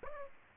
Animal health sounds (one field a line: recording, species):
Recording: mosquito wingbeat signal from an infrared sensor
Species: Aedes aegypti